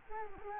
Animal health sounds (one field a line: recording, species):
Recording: mosquito wingbeat signal from an infrared sensor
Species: Culex quinquefasciatus